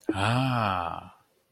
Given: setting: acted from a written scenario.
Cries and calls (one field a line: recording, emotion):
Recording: vocal sound without words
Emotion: romantic love